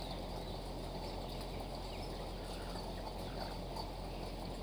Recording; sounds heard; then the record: poultry house recording; healthy chickens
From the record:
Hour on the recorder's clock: 5